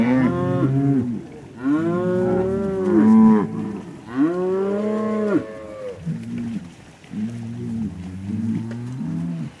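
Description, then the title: Cow moos, low and higher-pitched bellows, long arched calls alternating with shorter grunting moos. Cow communication through mooing. "Eco-Moo-tion: The Ecological Soundscape of Cow Conversations"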